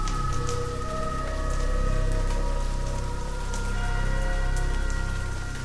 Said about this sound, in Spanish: he decidido dejar de fondo esta tormenta que hay allá afuera.